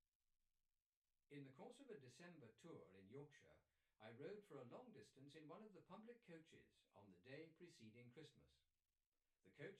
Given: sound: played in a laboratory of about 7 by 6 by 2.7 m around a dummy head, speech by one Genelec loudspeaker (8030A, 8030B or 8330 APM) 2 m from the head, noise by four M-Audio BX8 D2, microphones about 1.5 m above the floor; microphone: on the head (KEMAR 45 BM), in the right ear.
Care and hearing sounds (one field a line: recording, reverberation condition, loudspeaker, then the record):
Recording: male speech in English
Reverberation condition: low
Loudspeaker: 60 degrees to the left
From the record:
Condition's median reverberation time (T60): about 310 ms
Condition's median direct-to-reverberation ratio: about 3.5 dB